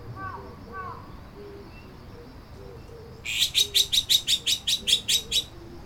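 Bird call, a rapid series of about eleven high, sharp chips, several per second, over soft background noise.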